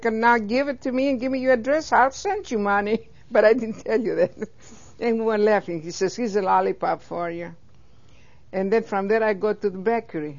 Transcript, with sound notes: Now, give it to me and give me your address. I'll send you money." (She laughs.) But I didn't tell you that, and we were laughing. He says, "Here's a lollipop for you." And then from there I go to the bakery.